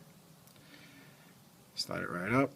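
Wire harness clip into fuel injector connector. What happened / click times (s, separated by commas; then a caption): Clip lined up by hand, not yet pushed home / none. On a 2005 Dodge Dakota, a rectangular plastic wire harness clip is oriented and lined up to slide back into the fuel injector connector before being pushed home. The clip is mostly quiet with faint low handling noise, and someone talks near the end. Nothing has seated or clicked yet.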